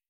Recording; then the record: hydrophone in a shrimp aquaculture tank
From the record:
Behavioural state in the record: feeding